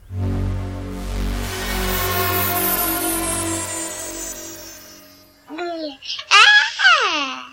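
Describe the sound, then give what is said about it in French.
A steady, humming drone fades out, then a baby babbles in a few short, high, sing-song bursts with rising and falling pitch. “Mon bébé, je t'aime. Tu es tout le portrait de ton père.”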